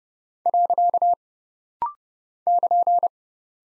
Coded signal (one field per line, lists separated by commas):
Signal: Morse code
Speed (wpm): 30 wpm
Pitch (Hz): 700 Hz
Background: none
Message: . <KN>